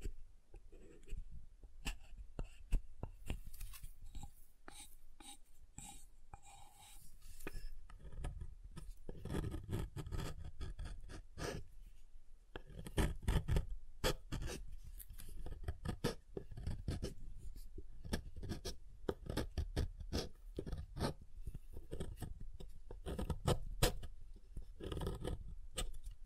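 Soap is tapped and carved, with dense clusters of short, crisp clicks and scrapes running throughout. The taps come in quick irregular bursts, thinning briefly around twelve seconds before picking back up, and a few soft rubbing sounds sit underneath.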